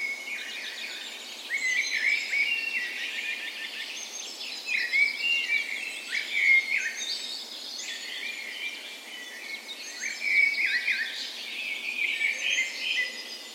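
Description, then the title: Many birds in a dawn chorus, busy overlapping chirps, trills and whistles with louder surges every few seconds. Dawn chorus on the morning of 17 May, Norway's National Day, in a park west in Bergen, Norway, in spring; recorded with Sony PCM A10 and LOM Micro Usi microphones as tree ears. "17th Of May Dawn Chorus"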